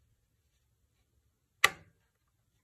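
An NVMe SSD is slid into the motherboard M.2 slot and pops into place with a single sharp click at 1.6 s, then a short fading rattle against near silence. The drive is seated, ready to be pushed down and fastened with a screw.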